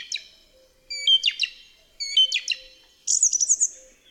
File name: DROZD SPIEWAK